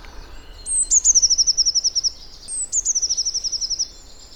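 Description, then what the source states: Eurasian Blue Tit song: two phrases, each a few thin, very high notes followed by a fast, slightly descending trill. Described as timid, with a thin bill, insect-eating in the warm season; takes seeds from the feeder and breaks them open further away on a branch.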